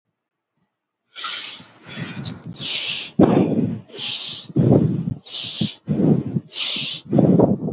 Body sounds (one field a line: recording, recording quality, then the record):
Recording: shallow breathing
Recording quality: excellent, no background noise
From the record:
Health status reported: healthy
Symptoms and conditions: none ticked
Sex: male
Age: 20 years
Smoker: not ticked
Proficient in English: yes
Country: India